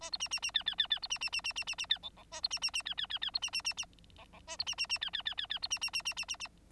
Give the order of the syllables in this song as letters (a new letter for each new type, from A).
A B C C C D D D D B C C C C C C C D E E A B C C C D D D D B C C C C E E A B C C C D D D D D B C C C C C C C